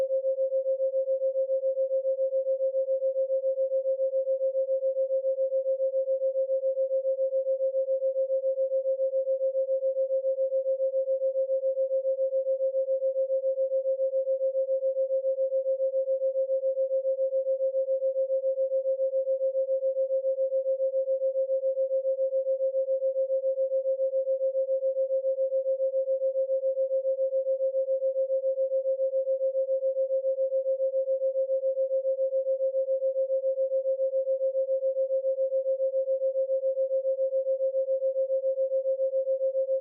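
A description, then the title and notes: A single steady pure tone near 528 Hz holds unchanged for the full length at constant loudness, with no other sounds present. 7.2Hz Delta Binaural Beat & 528Hz Solfeggio Frequency. 7.2Hz Delta Binaural Beat & 528Hz carrier tone.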